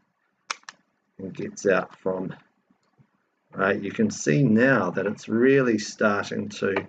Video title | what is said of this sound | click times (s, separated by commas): The Grand Unmaking #5 livestream | it sometimes this little pop as it separates | 0.5 s